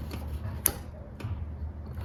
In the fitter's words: push it until it clicks,